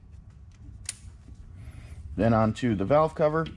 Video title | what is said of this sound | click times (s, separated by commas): J&L Oil Separator Co 2020 2022 Ford Mustang GT500 Install 3054P | connect to the fitting on the supercharger you'll hear it click | 0.9 s